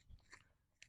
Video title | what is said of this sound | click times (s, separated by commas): Sorting the firewood part 1 of 2, STIHL FS 90 Brushcutter / Strimmer how to add new line and more.! | fairly rigid plastic there you go then you can hear it pop | 0.3 s, 0.8 s